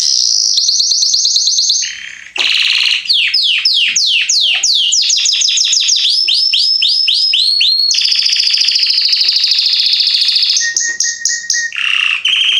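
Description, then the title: Belgian canary in strong continuous song mixing rolling trills, fast sweeping note series and a steady low whistle, with only a brief break near two seconds. Male Belgian canary named Salsa singing very strongly and a lot; used to warm up young birds. "Canary Training Esquente Seu Filhote E Canario Belga Em 30 Minutos Macho Cantando Muito. Canrio Belga Salsa cantando muito forte"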